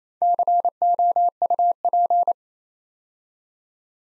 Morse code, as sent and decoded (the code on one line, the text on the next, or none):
-.-. --- ..- .--.
COUP